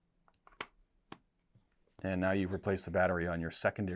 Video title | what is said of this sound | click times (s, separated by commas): DIY Battery Replacement ADT Command Systems - Door/Window sensors, Detectors, Keypads | pop that into place | 0.6 s